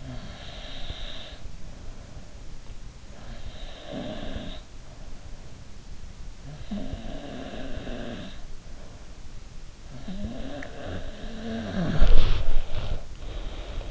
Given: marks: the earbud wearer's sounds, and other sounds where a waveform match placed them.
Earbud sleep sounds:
sounds in sleep by an in-ear microphone; snoring breath, body movement
0.00-2.19 s: snoring breath
3.06-5.52 s: snoring breath
6.58-8.94 s: snoring breath
9.88-13.14 s: snoring breath
11.92-13.91 s: body movement

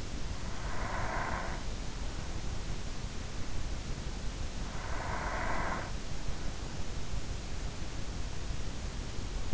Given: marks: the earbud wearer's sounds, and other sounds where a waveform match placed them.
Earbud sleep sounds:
sounds in sleep by an in-ear microphone; breath
0.00-1.84 s: breath
4.40-6.24 s: breath

